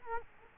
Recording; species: mosquito wingbeat signal from an infrared sensor; Culex quinquefasciatus